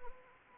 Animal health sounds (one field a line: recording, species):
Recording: mosquito wingbeat signal from an infrared sensor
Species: Anopheles arabiensis